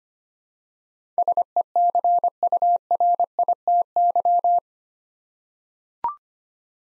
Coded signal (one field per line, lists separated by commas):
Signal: Morse code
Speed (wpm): 26 wpm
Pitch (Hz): 700 Hz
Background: none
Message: SECURITY